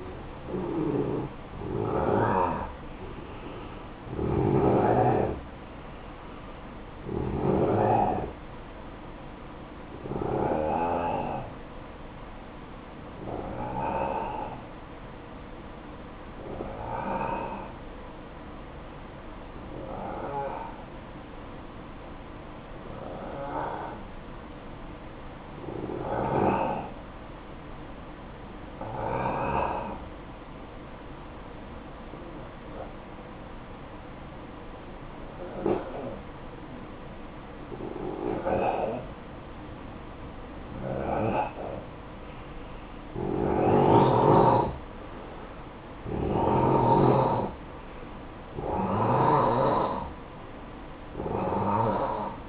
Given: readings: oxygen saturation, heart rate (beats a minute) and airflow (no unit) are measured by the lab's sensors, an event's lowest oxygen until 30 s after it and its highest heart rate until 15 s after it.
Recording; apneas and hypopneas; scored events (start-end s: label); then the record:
breathing in sleep by a voice recorder at the bedside; 1
12.00-45.40 s: hypopnea (N1, oxygen 94% highest, then 88% lowest, heart rate 56 at the start, 62 highest)
18.00-52.49 s: new sleep stage, N2 (light sleep)
From the record:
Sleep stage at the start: N1 (lightest sleep); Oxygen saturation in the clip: 86 to 94%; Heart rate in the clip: 53 to 68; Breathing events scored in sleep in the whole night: 573 in 9.8 hours asleep